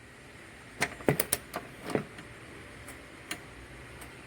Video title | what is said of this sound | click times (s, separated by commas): How to: 2010 Chevy Camaro Hotchkis Strut Tower Brace install Part II (Passengers side) with struts! | you kind of keep the turn until you hear the magic click | 1.3 s